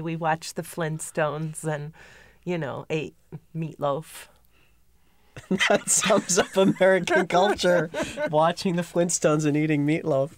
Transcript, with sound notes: We watched The Flintstones and, you know, ate meatloaf.
That sounds like American culture. ( they laugh ) Watching the Flintstones and eating meatloaf.